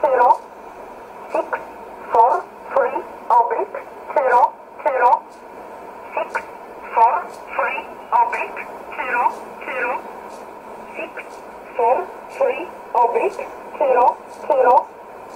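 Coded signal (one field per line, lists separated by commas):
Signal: numbers station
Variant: E11 Oblique, English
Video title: 12 06 2017 Numbers station E11 Oblique in English to Eu 0530 on 7600 in USB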